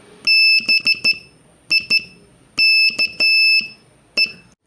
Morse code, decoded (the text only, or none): BIKE